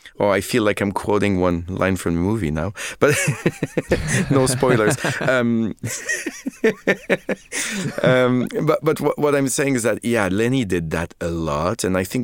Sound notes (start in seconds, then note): 3.1 laughter; 5.8 laughter